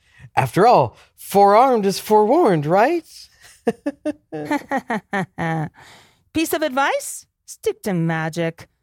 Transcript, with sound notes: After all - "Four-armed" is forewarned, right? [NERVOUS LAUGHTER]
[POLITE LAUGHTER] Piece of advice? Stick to magic.